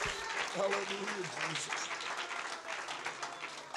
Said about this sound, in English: Clap your hands to the Lord and give him praise today.